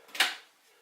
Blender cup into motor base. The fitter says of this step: Plus there's also a click, alright, a little click.